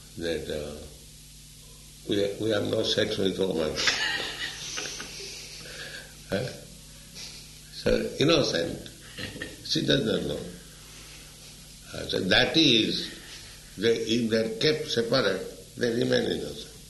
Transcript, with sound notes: that "We have no sex with woman." [laughter] So, innocent, she does not know. So that is, if they are kept separate, they remain innocent.